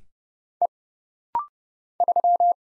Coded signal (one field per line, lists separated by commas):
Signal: Morse code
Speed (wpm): 29 wpm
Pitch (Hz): 700 Hz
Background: none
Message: E 3